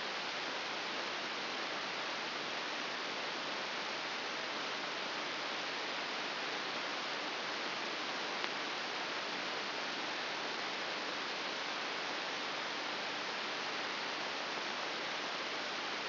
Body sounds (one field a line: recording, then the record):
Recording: brain microelectrode recording played as sound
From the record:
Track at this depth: inside the subthalamic nucleus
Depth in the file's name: 5.601 mm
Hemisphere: right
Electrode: 3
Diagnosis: Parkinson's disease